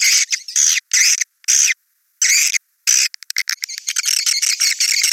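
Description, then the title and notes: Swiftlet chirps delivered as short separate bursts of high twittering with silent gaps, then a quick run of clicks and rapid chirps. Swiftlet sound used in swiftlet farming in Asia. "Swiflet Bird Sound. Farming Swiflet Bird asia sound"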